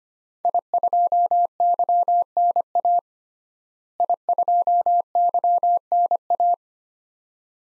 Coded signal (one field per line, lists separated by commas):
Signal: Morse code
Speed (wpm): 25 wpm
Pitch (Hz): 700 Hz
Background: none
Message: I2YNA I2YNA